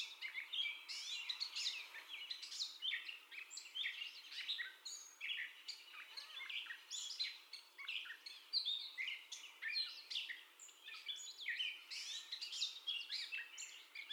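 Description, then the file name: Gray catbird delivering a rambling, nonstop song of varied chirps, whines, scratchy notes and high whistles, changing pitch from note to note. Gray catbird's first song heard, recorded 30 May 2021. "2021-05-30 Catbird First Song"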